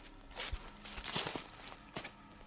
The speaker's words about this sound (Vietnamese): tự nhiên vang lên tiếng bước chân của ai đó. Anh Khiêm lắng tai nghe, đúng là tiếng bước chân của ai đang đi theo mình